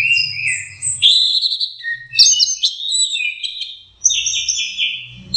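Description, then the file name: Orange-headed thrush song, rich sequence of whistles and chattering trills with sudden shifts in pitch, brief pause near four seconds, faint low background hum. Training song (masteran). "suara masteran anis merah"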